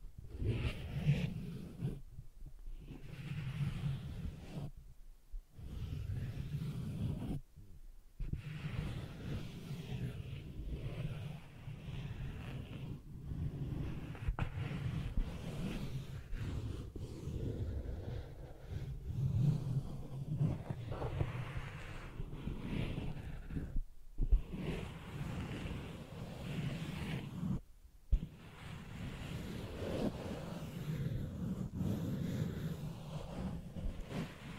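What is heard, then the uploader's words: ASMR tracing: steady, dense rubbing and scratching strokes with a low, rumbling texture, broken by brief silent pauses around 2, 5, 8, 24 and 28 seconds. ASMR Sensitive Tracing (No Talking).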